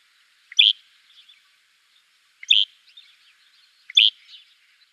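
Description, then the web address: Southern Grey Shrike song: three short, harsh, scratchy notes at uneven intervals, each trailed by faint chattering. "Schulze Peter Southern Grey Shrike song"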